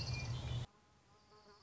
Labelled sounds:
Orange-crowned Warbler (Leiothlypis celata)
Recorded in Sonoma County, California

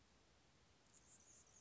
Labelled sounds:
Anna's Hummingbird (Calypte anna)
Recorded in Sonoma County, California

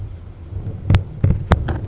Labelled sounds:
Grasshopper Sparrow (Ammodramus savannarum)
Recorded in Sonoma County, California

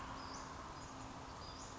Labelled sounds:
Western Flycatcher (Empidonax difficilis)
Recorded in Sonoma County, California

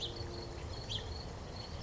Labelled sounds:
House Finch (Haemorhous mexicanus)
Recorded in Sonoma County, California

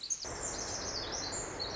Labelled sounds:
Pacific Wren (Troglodytes pacificus)
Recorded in Sonoma County, California

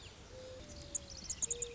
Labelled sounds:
Mourning Dove (Zenaida macroura)
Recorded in Sonoma County, California

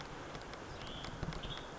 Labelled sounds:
Western Tanager (Piranga ludoviciana)
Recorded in Sonoma County, California

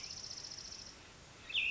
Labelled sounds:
Cassin's Vireo (Vireo cassinii)
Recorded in Sonoma County, California

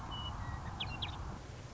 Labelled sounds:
Western Meadowlark (Sturnella neglecta)
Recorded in Sonoma County, California

